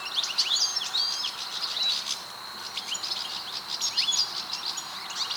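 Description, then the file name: European goldfinch calls: a rapid, liquid twitter of high tinkling notes and brief buzzy trills, nearly continuous, over a faint steady hiss. "Carduelis carduelis"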